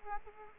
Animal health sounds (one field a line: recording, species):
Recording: mosquito wingbeat signal from an infrared sensor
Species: Aedes aegypti